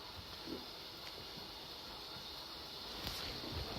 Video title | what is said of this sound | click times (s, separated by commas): How to change a Colostomy Bag… | Squeeze it and pinch all the way around the world until you hear the clicking. | 3.1 s